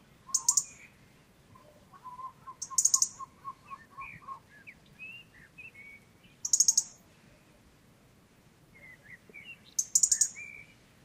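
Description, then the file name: European robin giving four bursts of rapid, very high ticking notes at irregular intervals, with faint, soft warbled phrases at lower pitch in between. "Erithacus rubecula"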